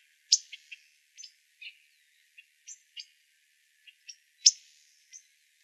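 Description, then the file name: Blue grosbeak giving sharp, metallic chip notes at irregular intervals, two of them much louder than the rest, with quiet gaps between. Calls, recorded in Arizona. "BLGR CALLS deviche"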